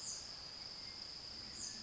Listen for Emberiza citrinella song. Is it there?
no